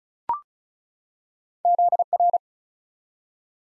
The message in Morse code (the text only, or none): ZR